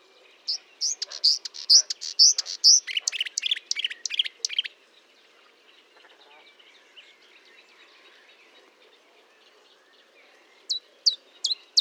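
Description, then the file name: Marsh warbler song: rapid varied burst of high chirps and buzzy notes for about four seconds, a quiet pause, then sharp high notes returning near the end. Recorded at Fontaine-Française (Fourneau) on 1 June 2022 at 10:55, using Nagra and Telinga equipment. "Rousserolle verderolle 20220601 1055 Fontaine-Francaise-Fourneau-Nagra-Telinga"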